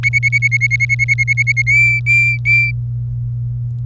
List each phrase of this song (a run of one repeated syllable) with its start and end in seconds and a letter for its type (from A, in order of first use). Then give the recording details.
0.03-1.62 A, 1.67-2.71 B. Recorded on 27 April 2018 at 06:20. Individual llb3